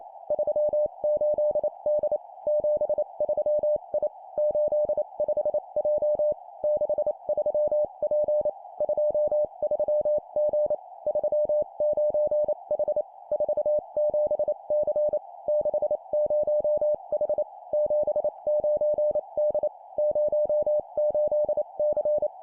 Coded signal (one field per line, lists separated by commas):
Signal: Morse code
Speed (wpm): 28 wpm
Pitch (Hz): 600 Hz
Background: none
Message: 38D 73I 85J 63P 23G 39H 47C 60H 79D 08C